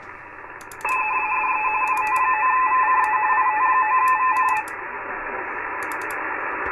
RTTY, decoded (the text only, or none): C DE IT9VCE IT9VCE